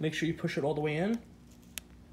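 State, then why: Seated. Someone talks as the plastic plug on the wiring of a JW Speaker 239 J2 Series 3.5" LED blinker is pushed fully into the vehicle harness connector on a Jeep Wrangler Rubicon, with its extra tab on the red-clip side. After the talking stops, a single sharp pop is heard at 1.8 s as the plug seats in a tight connection.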